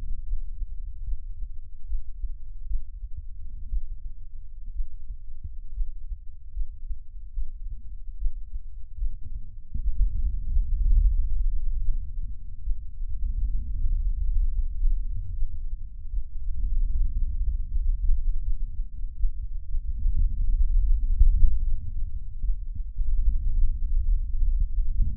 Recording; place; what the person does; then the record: lung sounds by stethoscope; right anterior apical chest; quiet breathing, then deep breathing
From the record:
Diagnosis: pulmonary infection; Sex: male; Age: 86 years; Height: 165 cm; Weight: 65 kg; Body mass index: 23.9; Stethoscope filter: bell mode